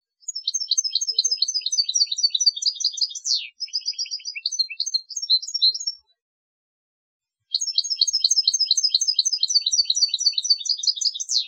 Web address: Chants Chard